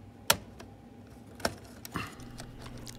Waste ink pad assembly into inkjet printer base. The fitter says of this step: Bạn chỉ cần nghe thấy tiếng tách và điều này sẽ phù hợp.